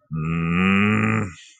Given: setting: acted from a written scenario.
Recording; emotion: vocal sound without words; anger